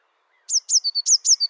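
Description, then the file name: Eurasian blue tit singing a short phrase of high, sweeping notes that slide downward, alternating with lower steady tones in a quick rhythm. Recorded in the Dombes, France. "MESANGE BLEUE DOMBES"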